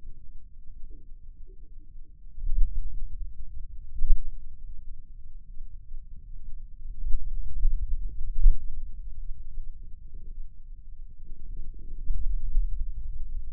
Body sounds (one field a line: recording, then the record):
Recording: forearm muscle sounds (acoustic myography)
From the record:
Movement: pen grasping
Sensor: system 2, bracelet of six BSWA MPA416 microphones around the upper forearm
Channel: 1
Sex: male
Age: 22 years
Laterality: right